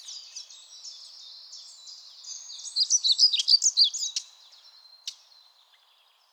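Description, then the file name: European pied flycatcher song: a high, fast string of sweet notes that builds into a louder, jumbled burst in the middle, then fades into a few scattered chips. "GOBEMOUCHE NOIR"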